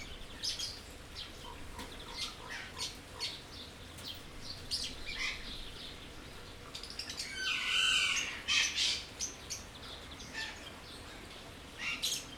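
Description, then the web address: Birds calling in a busy chorus, short sharp chirps and squawks scattered throughout, with a louder burst of harsh calls and a brief whistle near the middle. Birds in an aviary at Jászberény Zoo, recorded in 2016. "allathangok jaszberenyizoo 2016 madarak ropde"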